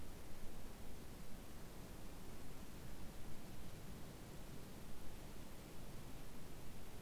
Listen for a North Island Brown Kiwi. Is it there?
no